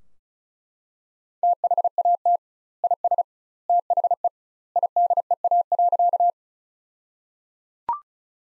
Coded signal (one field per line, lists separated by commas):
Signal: Morse code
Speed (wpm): 36 wpm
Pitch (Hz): 700 Hz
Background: none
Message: THAT IS THE IDEA.